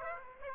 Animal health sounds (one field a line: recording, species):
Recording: mosquito wingbeat signal from an infrared sensor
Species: Aedes aegypti